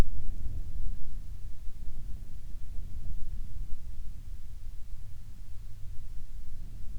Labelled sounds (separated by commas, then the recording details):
near silence
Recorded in the Prudhoe Bay oil fields, Alaska, on 7 August 2019 at 14:30
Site 17